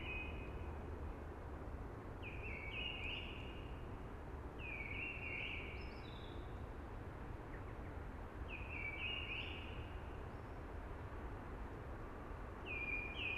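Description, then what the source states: Eurasian blackbird repeating brief fluty warbles every few seconds, some ending in thin high twitters, over a constant low rushing background. Singing early amongst hushing conifers.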